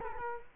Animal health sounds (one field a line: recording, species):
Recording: mosquito wingbeat signal from an infrared sensor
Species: Culex quinquefasciatus